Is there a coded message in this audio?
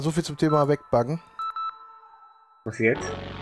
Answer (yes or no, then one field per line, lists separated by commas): no